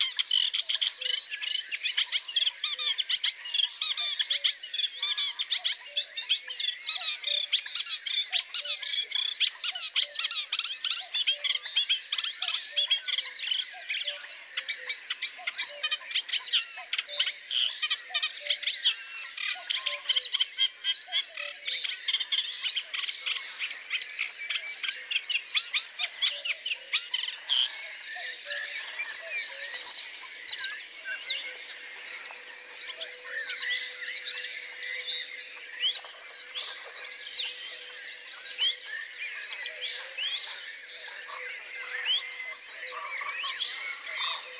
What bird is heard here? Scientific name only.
Acrocephalus scirpaceus